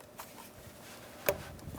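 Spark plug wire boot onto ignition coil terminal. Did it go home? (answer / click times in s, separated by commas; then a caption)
yes / 1.3 s. A spark plug wire boot coated with dielectric lubricant is pressed as far as it will go onto the ignition coil tower of a 2008-2016 Chrysler Town & Country 3.8L V6. After faint handling sounds, a sharp click at 1.3 s shows the boot has seated, followed by a few soft taps. The boot is confirmed seated and is then checked with a tug.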